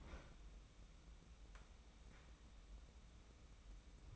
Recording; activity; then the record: daily activity, microphone in the room; open fridge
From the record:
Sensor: 1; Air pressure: 994.4 hPa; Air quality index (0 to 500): 220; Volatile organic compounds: 1000 ppm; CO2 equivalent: 7912 ppm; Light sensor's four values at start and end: 147/338/151/168 and 146/335/150/167